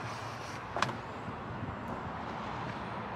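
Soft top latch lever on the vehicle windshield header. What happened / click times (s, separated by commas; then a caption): The latch lever snapped open / 0.8 s. On a 2021 Ford Bronco Badlands in Cyber Orange, a small lever on the soft top's windshield header latch is pushed down and the latch releases so the top goes up. Two sharp snaps, like a door latch, sound in quick succession at about 0.8 s and 0.8 s over steady outdoor background noise, and the latch is released.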